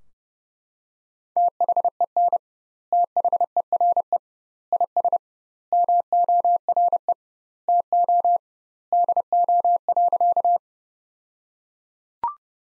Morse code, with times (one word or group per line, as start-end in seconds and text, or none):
1.4-2.4 THEN
2.9-4.2 THERE
4.7-5.2 IS
5.7-7.1 MORE
7.7-8.4 TO
8.9-10.6 DO.